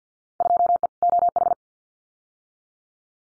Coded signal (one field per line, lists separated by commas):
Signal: Morse code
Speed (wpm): 50 wpm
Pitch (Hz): 700 Hz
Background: none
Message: 2E OH